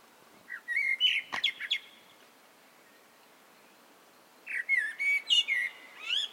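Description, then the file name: Common blackbird song in two phrases of fluted, warbling whistles followed by squeaky high notes, with a sharp click during the first phrase and a silent gap between them. "Turdus merula"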